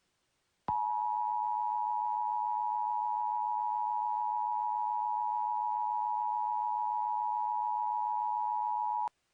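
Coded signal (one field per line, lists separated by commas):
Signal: Emergency Alert System (SAME) tones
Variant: 853 and 960 Hz attention tone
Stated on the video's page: Fictional EAS scenario, a simulated alert.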